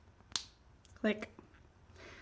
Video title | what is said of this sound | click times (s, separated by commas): DenSureFit demo video on lower denture | going to activate the tube it's going to open it up and are going to hear it click click | 0.4 s, 0.8 s